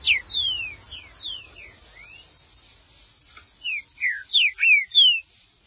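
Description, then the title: Green-winged saltator song: a softer run of sliding whistles, a pause, then five loud, clear downslurred whistles in rapid succession. "Trinca Ferro"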